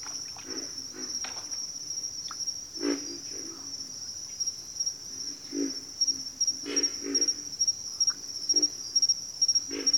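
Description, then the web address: Pig frog grunts, short low pig-like croaks in irregular bursts of one to three, over a steady high-pitched insect trill. "Nature Songs Nature Sounds Sounds of Nature Collection Pig Frogs"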